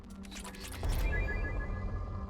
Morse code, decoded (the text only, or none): none